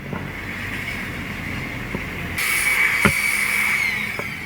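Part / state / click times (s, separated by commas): fuel pump component into fuel pump assembly / seated / 3.1 s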